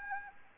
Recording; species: mosquito wingbeat signal from an infrared sensor; Anopheles gambiae